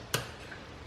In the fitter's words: you guys may have heard that click I'm not sure but it's in it